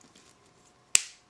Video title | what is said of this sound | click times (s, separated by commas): How to set rivets | the cap will kind of snap into place on the back you can hear it click | 0.9 s